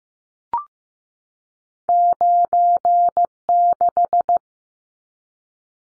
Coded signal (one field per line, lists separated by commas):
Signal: Morse code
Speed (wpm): 15 wpm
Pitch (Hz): 700 Hz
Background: none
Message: 96